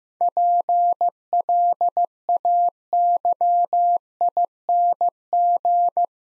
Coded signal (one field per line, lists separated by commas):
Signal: Morse code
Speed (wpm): 15 wpm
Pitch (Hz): 700 Hz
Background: none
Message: PLAYING